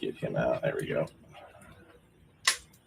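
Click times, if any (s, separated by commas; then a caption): 2.5 s. Someone talks as the head of a transforming robot figure is pushed up into its final position in its plastic torso. After a brief quiet, a single sharp plastic snap at 2.5 seconds marks the head seating in place.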